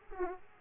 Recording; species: mosquito wingbeat signal from an infrared sensor; Aedes aegypti